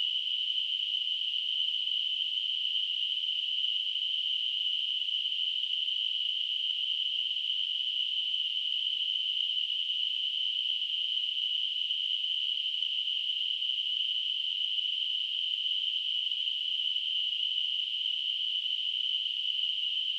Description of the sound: Tinnitus.